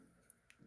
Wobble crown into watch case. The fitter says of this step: just push it right back over until it clicks down.